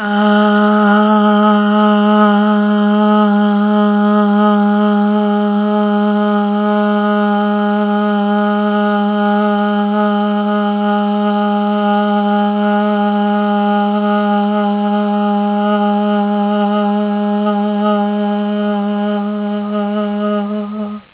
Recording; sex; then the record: sustained vowel /a/; female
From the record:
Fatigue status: fatigue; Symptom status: symptomatic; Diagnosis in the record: COVID-19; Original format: 3gp